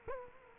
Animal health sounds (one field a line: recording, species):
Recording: mosquito wingbeat signal from an infrared sensor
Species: Culex quinquefasciatus